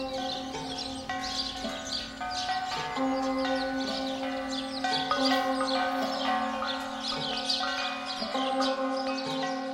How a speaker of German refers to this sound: Die Glocken von Bicêtre.